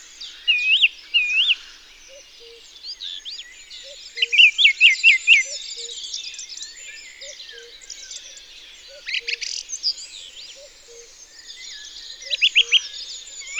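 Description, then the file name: Song thrush singing short varied phrases, one rapid note repeated several times around the middle, amid a dense chorus of other songbirds and a faint steady low pulsing. Recorded in Isère, France. "Grive-musicienne-Concerts-naturels-de-l Isere-Studio-Les-Trois-Becs"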